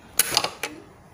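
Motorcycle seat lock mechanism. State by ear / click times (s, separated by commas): released / 0.2 s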